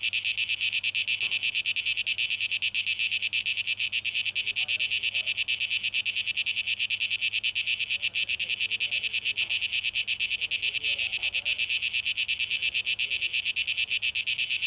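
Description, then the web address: Cicadas keep up a high, hissing, fast-pulsed drone the whole time, while faint fluttering chirps come and go underneath. Tape echo mix; recorded 12 August 2023. "Audio 2023-08-12 Zikaden"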